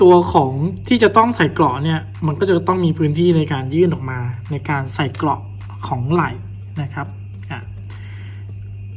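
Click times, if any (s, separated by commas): 7.4 s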